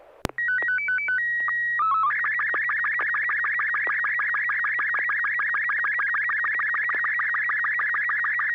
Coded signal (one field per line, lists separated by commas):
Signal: SSTV (slow-scan television)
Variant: Robot 36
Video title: N6NA SSTV Net - 04/05/2023